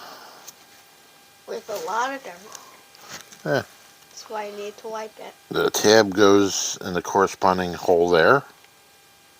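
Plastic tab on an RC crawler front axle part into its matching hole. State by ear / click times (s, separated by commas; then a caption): not seated / none. During the front axle build of a Carisma SCA-1E Coyote RC crawler, a small plastic tab is lined up with its matching hole on the part while someone talks over a few faint handling taps. Nothing has seated or snapped into place yet by the end of the clip.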